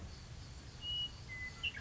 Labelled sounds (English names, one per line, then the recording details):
Western Meadowlark
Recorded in Sonoma County, California